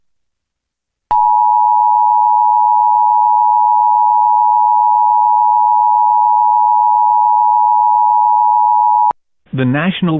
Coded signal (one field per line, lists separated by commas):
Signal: Emergency Alert System (SAME) tones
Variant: 853 and 960 Hz attention tone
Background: speech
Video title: EAS Mock: Cabarrus County, NC to Mitchell County, NC (SVR)